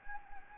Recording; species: mosquito wingbeat signal from an infrared sensor; Anopheles gambiae